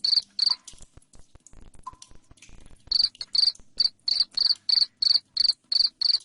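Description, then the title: Cricket chirping: two pulses, a quiet gap with faint clicks and a short tone, then a steady run of sharp high chirps. Loud cricket chirping, used to make lovebirds keep trilling. "Suara JANGKRIK NGERIK Keras Bikin LOVEBIRD Jadi NGEKEK Terus"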